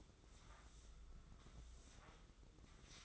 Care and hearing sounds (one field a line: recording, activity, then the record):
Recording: daily activity, microphone in the room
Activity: sweep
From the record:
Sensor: 3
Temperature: 24.5 degrees Celsius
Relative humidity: 30.4%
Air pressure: 995.9 hPa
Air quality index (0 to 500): 94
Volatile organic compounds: 12 ppm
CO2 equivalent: 2355 ppm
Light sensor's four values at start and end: 29/86/36/31 and 29/87/37/32